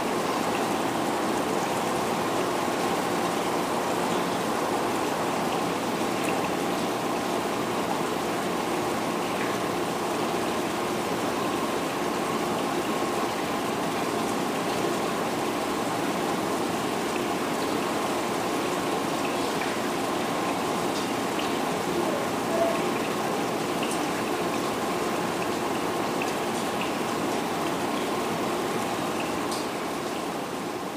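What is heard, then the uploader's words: Rain falls steadily on a balcony in the city, a dense even patter with faint scattered drops ticking through it for the whole half-minute. Rain on a balcony in the City.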